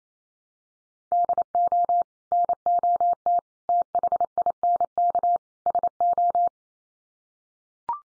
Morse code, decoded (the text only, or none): DO NOT THINK SO